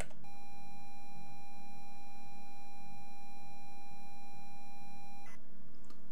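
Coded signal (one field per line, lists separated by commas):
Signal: ZX Spectrum tape loading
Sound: a steady buzzy mid-pitched lead tone for about five seconds, then a short harsh burst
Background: low hum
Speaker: and I do tape loader let's do tape loader and we want to load in 48k mode so there we go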